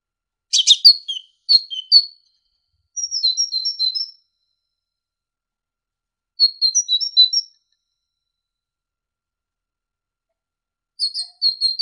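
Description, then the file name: Great tit singing varied phrases: a scratchy, chattering opening, then repeated two-note whistled patterns that alternate between a higher and a lower pitch, with pauses between bursts. Indonesian masteran recording of great tit song for training songbirds, uploaded November 2014. "suara masteran great tit"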